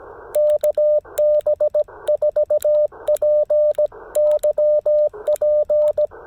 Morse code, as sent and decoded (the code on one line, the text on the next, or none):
-.- -... ....- .--. -.-- .--.
KB4PYP